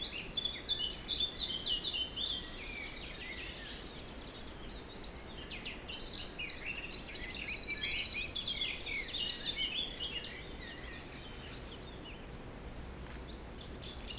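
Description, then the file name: Many birds sing together, dense high trills and quick chirps most intense in the middle, then thinning out, with wind noise throughout. Forest in spring, windy weather of force 3 Beaufort, recorded at 1 pm. "Forest Spring Birds Windy 3 bft 1 pm"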